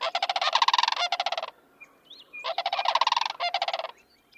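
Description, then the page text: Sandhill crane giving two long, loud rolling rattles, each over a second long, with faint softer bird notes in the gap between them. Family groups travel together: adult pair with young from the previous summer and grown offspring; families stay together through migration and winter, parents often pair for life; breed in the northern U.S. and Canada. "Sandhill Crane Families Stick Together (Bird Note. Chirp Nature Center"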